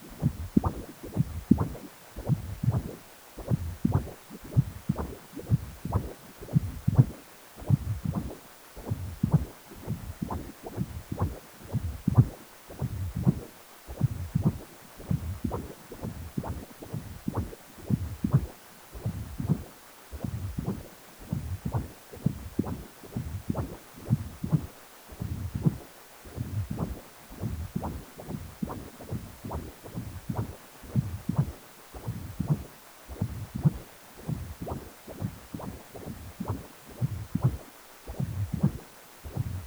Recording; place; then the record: Doppler ultrasound of blood flow; precordium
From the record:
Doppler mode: continuous wave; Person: healthy adult, 18 to 50 years, no heart murmur, not diving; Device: 2.5 MHz transducer